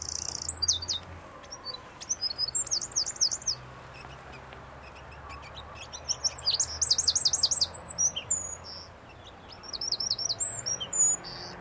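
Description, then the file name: Eurasian wren singing high, fast trills and clipped notes in bursts, quiet gaps between them, faint low rumble in the background. "Troglodytes troglodytes"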